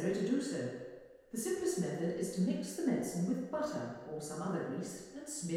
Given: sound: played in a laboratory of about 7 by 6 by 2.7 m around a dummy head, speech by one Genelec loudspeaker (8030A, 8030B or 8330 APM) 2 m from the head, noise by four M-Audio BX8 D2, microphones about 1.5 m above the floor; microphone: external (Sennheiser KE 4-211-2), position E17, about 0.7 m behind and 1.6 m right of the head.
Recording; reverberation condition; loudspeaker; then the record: female speech in English; high; 60 degrees to the right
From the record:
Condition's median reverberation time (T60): about 1300 ms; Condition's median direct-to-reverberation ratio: about -4.0 dB